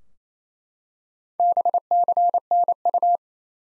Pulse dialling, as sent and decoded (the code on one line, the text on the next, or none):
none